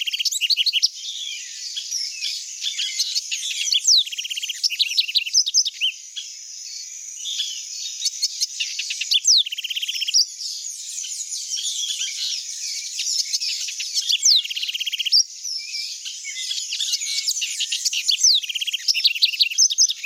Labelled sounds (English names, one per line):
House Wren song